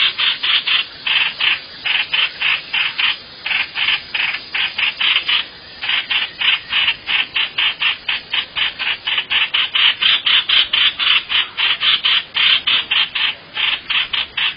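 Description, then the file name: Bird repeating loud grating notes about four times a second, almost nonstop with brief breaks. "tieng chim hoanh hoach"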